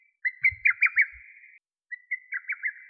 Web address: Lesser cuckoo